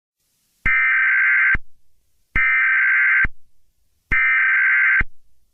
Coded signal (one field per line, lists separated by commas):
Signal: Emergency Alert System (SAME) tones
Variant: header bursts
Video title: EAS Scenario #18: Trevor Philips Rampage.